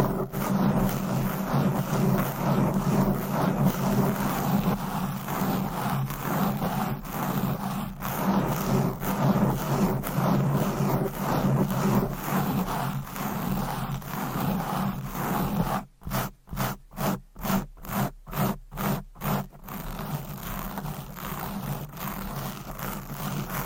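Fast, aggressive scratching on a microphone fills the clip as a dense, continuous rasping rub with a strong low rumble underneath. Around sixteen to twenty seconds it breaks into rapid, regular chopped strokes with brief silences between them, then returns to steady rough scraping.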